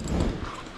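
An awning pole on a Moon Shade portable awning is handled and brought toward its built-in clip, making muffled low rustling and knocking sounds that are loudest in the first 0.3 seconds and then fade to a quieter rumble. The clip ends before the pole goes home, so nothing has seated or clicked yet.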